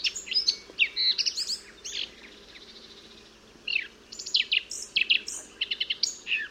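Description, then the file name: Eurasian blackcap song: two bursts of fast, varied warbling notes, some rising and some falling, separated by a quiet pause of just over a second. "Sylvia atricapilla"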